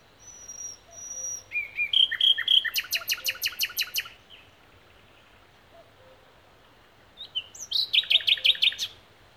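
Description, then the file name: Common nightingale singing a high whistled note, then a loud, rapid rattle of repeated clicking notes; after a pause, another fast, pulsing trill. "Luscinia megarhynchos"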